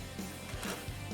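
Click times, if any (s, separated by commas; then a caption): none. A popped-off plastic arm is pushed back onto its mushroom peg joint on a transforming robot toy; the peg goes back on but no longer snaps in place. Only faint handling noise is heard over a steady low hum, with no clear click. Nothing has seated or clicked yet.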